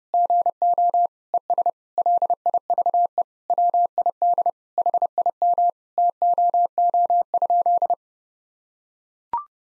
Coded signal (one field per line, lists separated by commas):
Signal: Morse code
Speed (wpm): 32 wpm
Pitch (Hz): 700 Hz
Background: none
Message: GO ES LIVE WID HIM TOO?